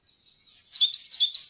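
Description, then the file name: European pied flycatcher song, a short burst of high, lilting see-sawing notes after a soft start, in a clean quiet setting. "svarthvit fluesnapper"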